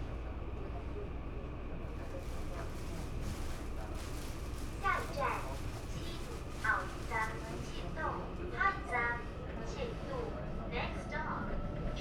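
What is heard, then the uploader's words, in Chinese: A steady low rumble fills a local express train running from Nangang to Qidu. Around the fifth second voices come in, a woman's among them, speaking in short bursts over the constant ride noise until the end, with soft rattles throughout. 2042區間快車 南港-七堵。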